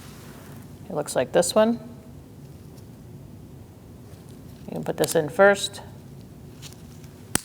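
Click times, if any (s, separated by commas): 7.4 s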